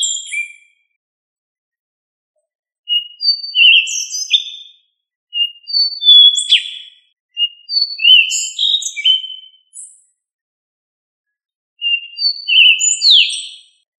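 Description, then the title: Thrush singing several varied phrases of sweet whistles and quick slurred notes, separated by silent gaps. "Familia Turdidae - Sabia"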